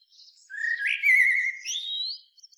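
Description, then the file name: Eurasian blackbird song: a sustained mellow fluting warble, slightly rising, with a high squeaky twitter overlaid and a few tiny clicks at the close. "Turdus merula"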